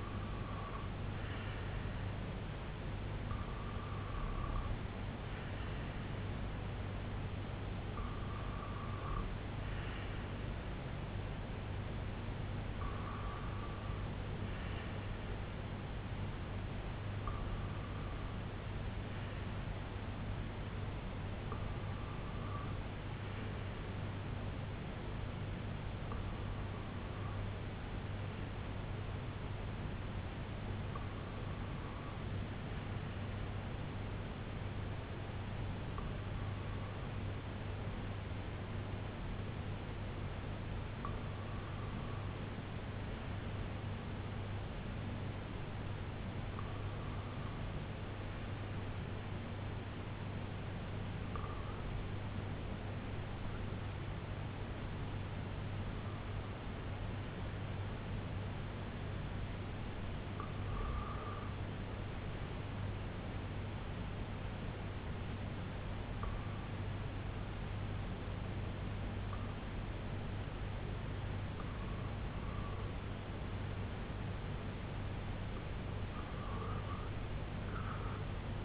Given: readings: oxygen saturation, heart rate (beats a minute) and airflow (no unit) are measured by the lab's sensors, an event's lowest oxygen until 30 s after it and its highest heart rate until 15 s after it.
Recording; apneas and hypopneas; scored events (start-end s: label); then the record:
breathing in sleep by a voice recorder at the bedside; 1
33.00-62.70 s: hypopnea (REM, oxygen 97% highest, then 94% lowest, heart rate 74 at the start, 80 highest)
From the record:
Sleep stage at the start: REM sleep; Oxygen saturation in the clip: 93 to 97%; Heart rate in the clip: 72 to 80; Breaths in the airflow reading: 18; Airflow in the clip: -6.1 to 4.0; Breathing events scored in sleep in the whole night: 258 in 7.4 hours asleep